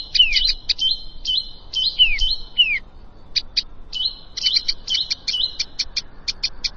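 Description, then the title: Plain prinia singing quick bursts of sharp, high chirps with a buzzy trill and falling slurred notes, pausing briefly before a fresh run of ticking notes. "Ciblek Sawah"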